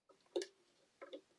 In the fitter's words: and it should go ahead and click right into place that you should be able to